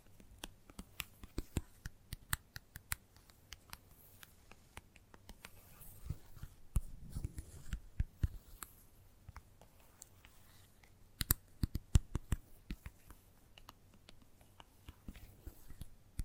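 Gentle tapping: quick, crisp taps land irregularly throughout, sometimes spaced out, sometimes bunched into rapid flurries like fingertips on a hard surface. A faint low hum sits underneath, and a soft rustling rumble swells briefly around the seven-second mark.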